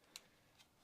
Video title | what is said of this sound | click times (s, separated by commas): The GLORIOUS i7 14700K Gaming PC Build 2023! - LIVE! | locks into place like that right | 0.2 s